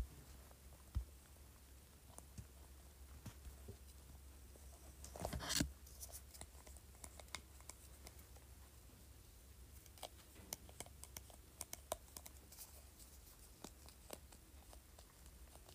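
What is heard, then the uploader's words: Sparse scratchy clicks and ticks from a spray bottle lid over a steady low hum, with one longer rasping scrape around five seconds. ASMR Scratching Spray Bottle Lid.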